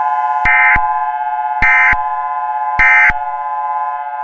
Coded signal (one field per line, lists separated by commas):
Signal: Emergency Alert System (SAME) tones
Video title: EAS Mini Scenario Rigel